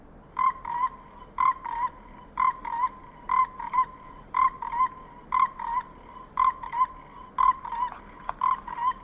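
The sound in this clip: Amphibian calling with nasal, honking notes given in close pairs, each pair repeated roughly once a second in a steady rhythm throughout.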